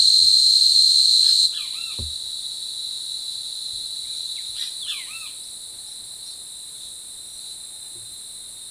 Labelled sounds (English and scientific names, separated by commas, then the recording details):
Great Kiskadee (Pitangus sulphuratus)
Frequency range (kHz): Great Kiskadee (Pitangus sulphuratus) 0.8-6.5 kHz
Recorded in forest near Pivijay, Magdalena, Colombia, on 13 April 2023 at 10:30
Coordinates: 10.467, -74.380
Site Z5-G034